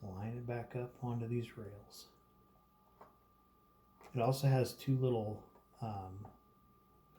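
Someone talks while a plastic RC body part is lined up on the chassis rails, ready to be pressed down so its two small locating pins snap into place, with a brief faint tick at 3.0 s between the words. Nothing has seated or clicked yet.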